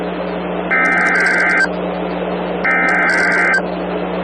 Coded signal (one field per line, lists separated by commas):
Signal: Emergency Alert System (SAME) tones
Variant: header bursts